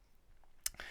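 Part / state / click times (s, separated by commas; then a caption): winding crown into watch case / seated / 0.7 s. The winding crown of a Cadisen C8193 mechanical wristwatch with a Seiko NH35A movement is pushed from the hacking (time-setting) position back into the run position, restarting the movement. A sharp, bright click lands at 0.7 s, followed by two softer ticks just after. The crown seats with a positive click.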